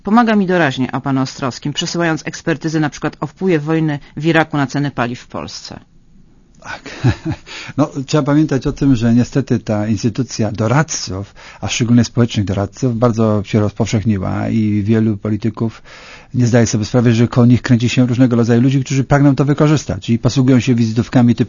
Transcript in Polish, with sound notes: „pomaga mi doraźnie”, o panu Ostrowskim, przesyłając ekspertyzy np. o wpływie wojny w Iraku na ceny paliw w Polsce. (śmiech) No trzeba pamiętać o tym, że ta instytucja doradców, a szczególnie społecznych doradców, bardzo się rozpowszechniła i wielu polityków nie zdaje sobie sprawy z tego, że koło nich kręcą się różnego rodzaju ludzie, którzy pragną to wykorzystać i posługują się wizytówkami typu: